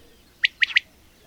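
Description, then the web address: Bird chirps: three short, sharp high notes, one alone and then a quick pair, over a quiet background. "madarak enek"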